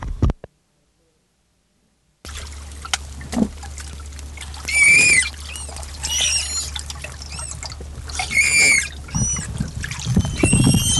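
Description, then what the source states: Manatee making high, thin squeaky chirps in clusters after a brief silence, with a steady low hum and water noise underneath. Manatee described as frightened.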